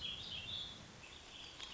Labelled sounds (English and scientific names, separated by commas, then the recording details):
Warbling Vireo (Vireo gilvus)
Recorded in Sonoma County, California